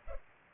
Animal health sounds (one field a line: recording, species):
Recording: mosquito wingbeat signal from an infrared sensor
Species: Culex pipiens